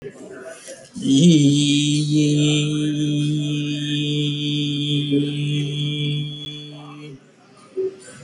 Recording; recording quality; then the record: sustained vowel as in beet; excellent, no background noise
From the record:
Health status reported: healthy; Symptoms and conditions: none ticked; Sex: male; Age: 31 years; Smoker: not ticked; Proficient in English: yes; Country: India